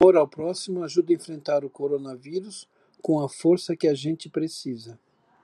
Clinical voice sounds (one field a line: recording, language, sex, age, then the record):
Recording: spoken sentence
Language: Brazilian Portuguese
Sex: male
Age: 60 to 69 years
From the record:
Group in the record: control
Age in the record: 64 years